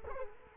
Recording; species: mosquito wingbeat signal from an infrared sensor; Culex quinquefasciatus